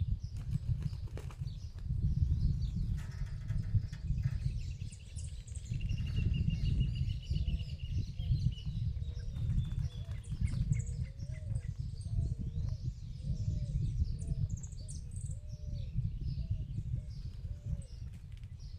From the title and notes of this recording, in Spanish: Pajaritos en el campo. Lo puse a grabar en el campo, se escucha hasta el viento...